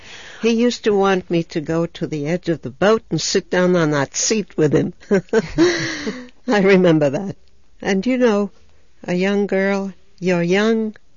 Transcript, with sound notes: He used to want me to go to the edge of the boat and sit down on that seat with him. ( she laughs ) I remember that. And, you know, a young girl, you're young